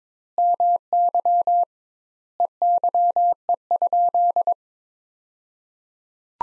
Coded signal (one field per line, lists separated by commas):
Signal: Morse code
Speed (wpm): 22 wpm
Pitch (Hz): 700 Hz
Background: none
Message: MY EYE?